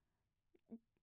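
Stomach growling (borborygmi) from an adult's abdomen: a few short, low gurgling bursts within about a second.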